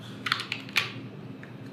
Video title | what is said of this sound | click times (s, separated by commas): Unboxing the Hunter BTT 2 Station Bluetooth Tap Timer (with Darik from Hunter) | You know that's in. You can feel it click in. | 0.3 s, 0.8 s